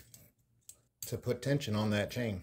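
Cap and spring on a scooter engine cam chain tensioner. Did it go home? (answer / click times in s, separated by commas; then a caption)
yes / 0.7 s. The cap and spring are pushed down onto the cam chain tensioner of a 139QMB GY6 scooter engine fitted with a 52mm big bore kit and BV head, giving a faint tick near 0.1 s and then a sharp click at 0.7 s as the cap seats and puts tension on the chain tensioner. After that, from about 1.0 s, someone talks.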